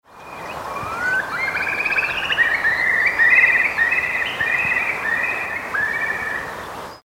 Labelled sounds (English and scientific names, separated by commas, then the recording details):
Eurasian Curlew (Numenius arquata)
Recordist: Frommolt, Karl-Heinz
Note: Zwei Tiere im Flug